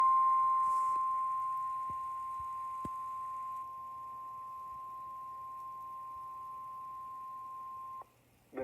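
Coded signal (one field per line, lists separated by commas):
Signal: Emergency Alert System (SAME) tones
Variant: 1050 Hz attention tone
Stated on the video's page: Severe thunderstorm warning alert from NOAA Weather Radio, received online.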